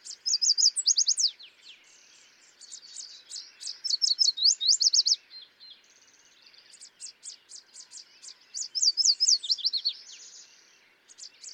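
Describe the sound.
Yellow warbler song, bright high sweet notes rising to a quick slurred ending, phrases about every four seconds, with softer notes between.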